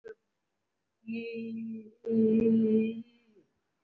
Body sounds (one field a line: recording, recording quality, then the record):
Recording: sustained vowel as in beet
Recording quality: excellent, no background noise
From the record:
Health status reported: respiratory illness, not identified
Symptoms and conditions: cough, breathing difficulty, asthma, another respiratory illness, hypertension, another condition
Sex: female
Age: 42 years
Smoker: no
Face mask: worn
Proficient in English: no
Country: India